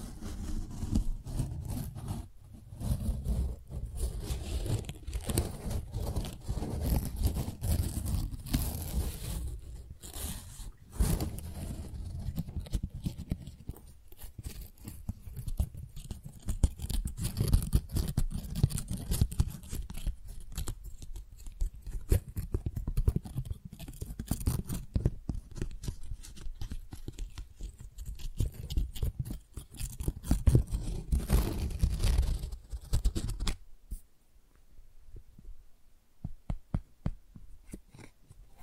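Soft crinkling and rustling of flowers being handled, with dense, irregular crackles and snips close together throughout. The handling sounds are mostly low and muffled, with bright crisp edges, easing briefly near eleven seconds and fading to sparse ticks after thirty-three seconds.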